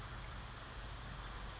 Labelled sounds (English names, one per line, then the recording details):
California Towhee
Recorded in Sonoma County, California